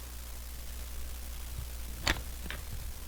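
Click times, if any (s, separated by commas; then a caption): 2.1 s. The winding crown stem of an 18k Rolex Submariner ref 16618 is pushed by hand, with no tool needed, into the watch movement held in its metal case. Over a steady low hum, a sharp click at 2.1 s marks the stem popping in and seating, followed by a softer tick at 2.5 s.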